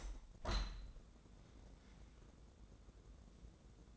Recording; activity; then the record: daily activity, microphone in the room; open window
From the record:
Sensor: 3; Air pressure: 1012.3 hPa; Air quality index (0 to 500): 98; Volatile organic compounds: 1 ppm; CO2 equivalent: 782 ppm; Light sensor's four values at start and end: 226/547/226/217 and 231/560/232/224